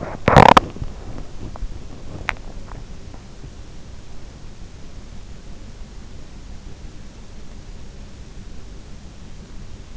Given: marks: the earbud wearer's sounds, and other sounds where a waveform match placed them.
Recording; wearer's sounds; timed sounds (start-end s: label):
sounds in sleep by an in-ear microphone; teeth grinding, swallowing
0.00-0.93 s: teeth grinding
2.13-4.19 s: swallowing